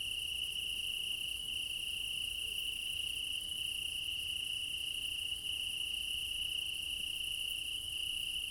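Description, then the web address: Continuous cricket chorus, a level high-pitched trill with a softer shimmering layer above it, unchanging throughout. Meadow at night in Crimea in summer; quad ambience recorded with ORTF microphone pair offset by 3 m, front pair. "Alexander Kopeikin - Quad ambience of Crimea in summer 20 meadow night ambience, crickets, ortf offset by 3 m, front"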